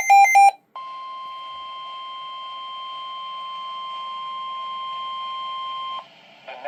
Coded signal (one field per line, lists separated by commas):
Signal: Emergency Alert System (SAME) tones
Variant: 1050 Hz attention tone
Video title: NOAA Weather Radio - Severe Thunderstorm Warning EAS #2 (7/28/25)